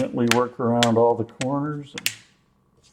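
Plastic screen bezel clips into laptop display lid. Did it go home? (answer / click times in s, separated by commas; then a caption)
no / none. A plastic screen bezel is being pressed back onto the display lid of a Dell Inspiron 15 5558 laptop, working around the corners so its plastic clips can snap into place. Someone talks throughout, with a few brief sharp transients between the words. Nothing has seated or clicked home yet by the end of the clip.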